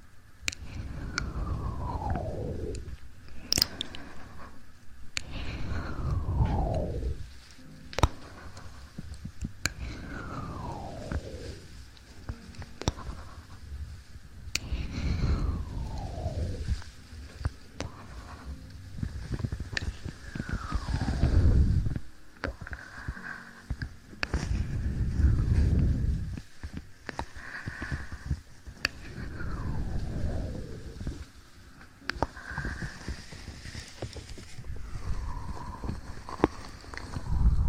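An ear massage with aloe vera gel: repeated slow, sweeping low rubs about every four seconds, with sharp clicks and sticky crackles between them.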